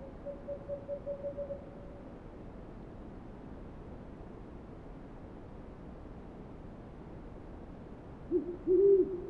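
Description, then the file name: Owl sounds: a faint rapid run of higher notes at the start, a long quiet gap, then one low hoot near the end. Several owls recorded on 28 February 2009. "090228-0405 owls"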